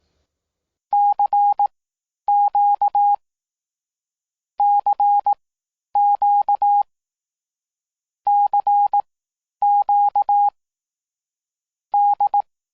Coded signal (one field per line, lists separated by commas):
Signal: Morse code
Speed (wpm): 18 wpm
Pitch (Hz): 820 Hz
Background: none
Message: CQ CQ CQ D